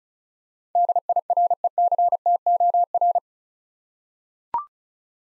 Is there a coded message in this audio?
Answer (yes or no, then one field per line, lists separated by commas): yes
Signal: Morse code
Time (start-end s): 0.8-3.2 s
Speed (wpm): 36 wpm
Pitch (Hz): 700 Hz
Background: none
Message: DIRECTOR